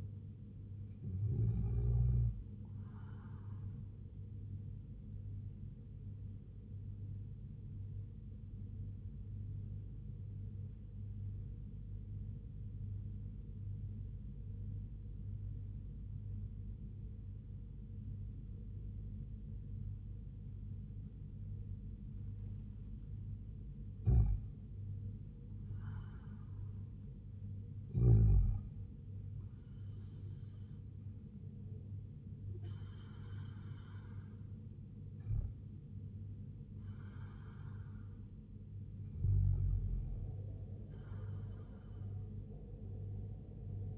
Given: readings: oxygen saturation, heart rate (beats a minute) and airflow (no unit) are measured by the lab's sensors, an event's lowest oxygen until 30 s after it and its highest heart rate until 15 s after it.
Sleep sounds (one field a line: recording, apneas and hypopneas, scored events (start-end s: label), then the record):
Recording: breathing in sleep by a smartphone at the bedside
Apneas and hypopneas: 1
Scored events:
5.00-24.10 s: hypopnea (N2, oxygen 96% highest, then 89% lowest, heart rate 70 at the start, 77 highest)
From the record:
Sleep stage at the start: N2 (light sleep)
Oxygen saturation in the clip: 89 to 96%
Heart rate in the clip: 68 to 77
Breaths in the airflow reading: 7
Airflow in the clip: -2.9 to 3.5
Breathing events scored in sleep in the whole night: 158 in 7.3 hours asleep